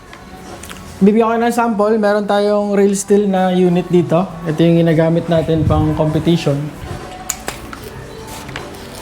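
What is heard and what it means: Someone talks while a real-steel competition pistol is pushed into a polymer holster. A sharp click at 7.3 s marks the pistol locking into the holster, followed by a few lighter clicks and handling noises. The pistol is seated and locked in the holster.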